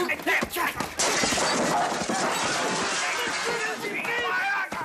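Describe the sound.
A loud, chaotic street fight behind a small newspaper kiosk in heavy rain: a burst of shattering glass and sharp thumps at the start, then continuous struggling noise and rough shouting voices throughout.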